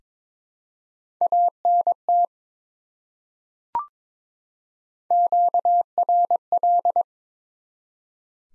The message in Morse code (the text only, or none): ANT QRL